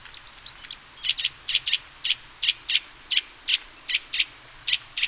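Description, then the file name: Eurasian nuthatch giving a steady series of short, sharp, high piping notes, roughly two or three per second, some paired, with faint higher chips early on. "Sitta europaea"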